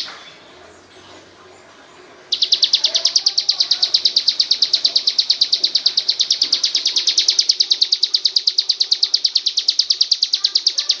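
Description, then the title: Oriental Magpie-robin: near silence for about two seconds, then a long, fast sequence of high, even chipping notes. "Kicau Kacer"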